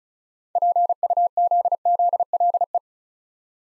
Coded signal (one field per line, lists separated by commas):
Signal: Morse code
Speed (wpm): 36 wpm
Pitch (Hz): 700 Hz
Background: none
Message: PUZZLE